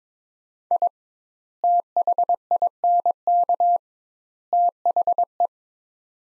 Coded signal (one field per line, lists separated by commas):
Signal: Morse code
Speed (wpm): 22 wpm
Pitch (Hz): 700 Hz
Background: none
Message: I THINK THE